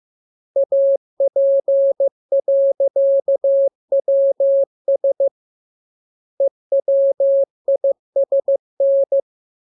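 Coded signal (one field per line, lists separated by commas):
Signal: Morse code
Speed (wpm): 15 wpm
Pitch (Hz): 550 Hz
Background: none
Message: AP.WS EWISN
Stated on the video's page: Morse lesson 13 with letters KMURESNAPTLWI; each radiogram opens with VVV and a section sign, and ends with AR.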